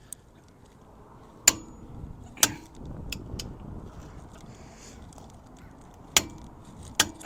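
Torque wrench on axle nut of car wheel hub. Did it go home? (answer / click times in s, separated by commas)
yes / 1.5 s, 6.2 s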